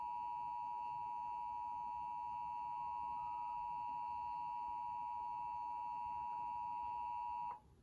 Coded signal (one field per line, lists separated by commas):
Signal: Emergency Alert System (SAME) tones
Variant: 853 and 960 Hz attention tone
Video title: EAS Severe Thunderstorm Warning on WMCN (WMCN IS BACK!) (EAS #240)